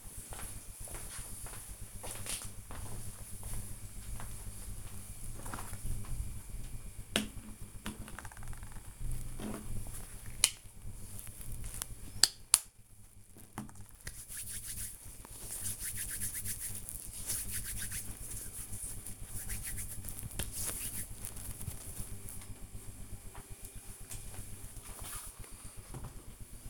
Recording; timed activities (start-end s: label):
household activities, microphone on the right wrist
8.62-21.71 s: disinfecting hands